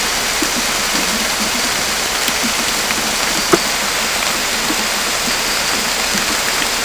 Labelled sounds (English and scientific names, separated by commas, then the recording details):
none
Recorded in dense forest near Puerto Asís, Putumayo, Colombia, on 18 December 2024 at 23:00
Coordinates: 0.500, -76.322
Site G053